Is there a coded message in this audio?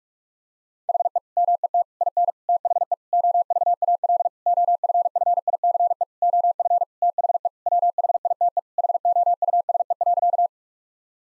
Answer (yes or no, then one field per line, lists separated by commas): yes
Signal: Morse code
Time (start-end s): 0.9-10.5 s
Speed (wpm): 46 wpm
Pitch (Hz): 700 Hz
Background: none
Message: HE MET IN THE OVAL OFFICE OF THE WHITE HOUSE.